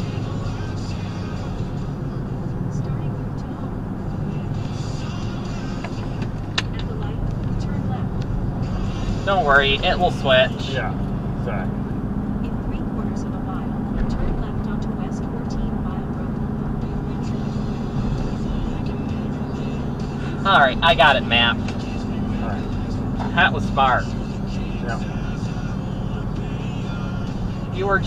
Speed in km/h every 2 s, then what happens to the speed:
60, 61, 63, 63, 64, 69, 71, 72, 72, 71, 71, 69, 64, 63.
0-14 speeds up to 72. 14-28 slows to 63.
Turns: none.